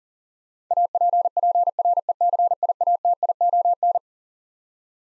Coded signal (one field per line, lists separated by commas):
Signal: Morse code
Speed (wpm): 40 wpm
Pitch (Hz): 700 Hz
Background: none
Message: APPRECIATION